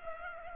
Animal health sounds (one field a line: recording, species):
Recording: mosquito wingbeat signal from an infrared sensor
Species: Culex pipiens